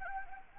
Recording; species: mosquito wingbeat signal from an infrared sensor; Anopheles gambiae